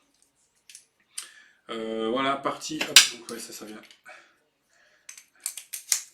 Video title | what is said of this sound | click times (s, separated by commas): Présentation du LOSI DBXL 2.0 en mode nettoyage | Voilà, oui, ça vient se clipser dedans comme ça. | 5.9 s